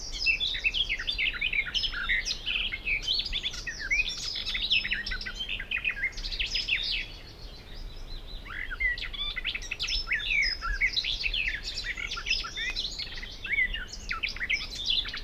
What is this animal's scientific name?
Sylvia borin